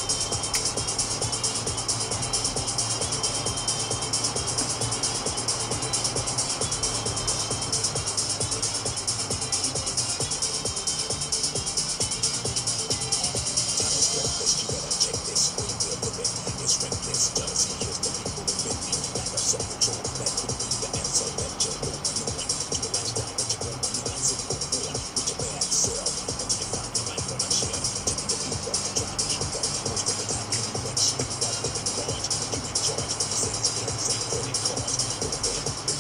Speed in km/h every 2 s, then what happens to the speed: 130, 134, 130, 119, 104, 101, 102, 104, 108, 111, 111, 105, 108, 114, 119, 123, 126, 122.
3-9 brakes to 101. 9-18 speeds up to 111. 18-23 slows to 105. 23-31 speeds up to 126.